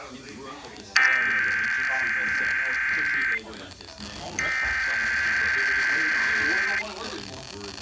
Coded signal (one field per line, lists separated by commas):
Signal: Emergency Alert System (SAME) tones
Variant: header bursts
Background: speech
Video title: DC Monthly March 2021: One radio? No problem!(EAS 480-490)